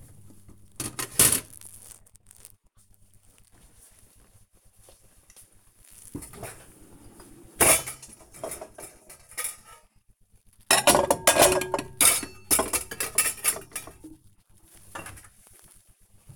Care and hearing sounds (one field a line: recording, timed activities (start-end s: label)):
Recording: household activities, microphone on the right wrist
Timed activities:
0.00-16.36 s: putting away the dishes